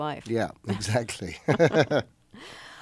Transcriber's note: soundbite of laughter